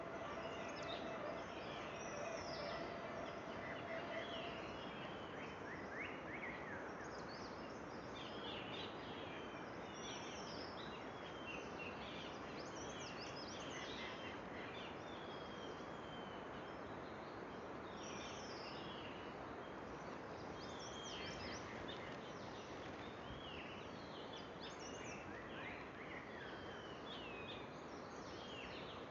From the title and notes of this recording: Sound of the Garhwal Himalayas. Early morning, you'd rise to bird choruses.